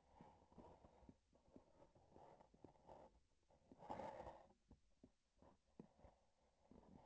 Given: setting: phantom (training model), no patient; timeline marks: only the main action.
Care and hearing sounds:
laparoscopic instrument, vibration sensor on the handle end
1.34-3.15 s: palpation
From the record:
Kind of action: gesture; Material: synthetic tissue

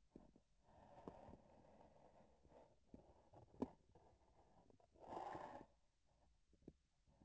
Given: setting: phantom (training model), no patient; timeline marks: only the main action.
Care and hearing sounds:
laparoscopic instrument, vibration sensor on the handle end
3.88-4.83 s: palpation
From the record:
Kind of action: gesture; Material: synthetic tissue

